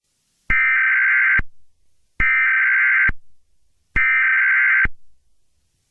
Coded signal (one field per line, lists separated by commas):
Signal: Emergency Alert System (SAME) tones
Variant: header bursts